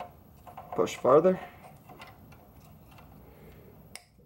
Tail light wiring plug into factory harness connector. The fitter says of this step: we go I heard it click and